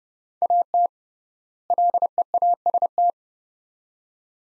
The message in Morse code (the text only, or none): AT LEAST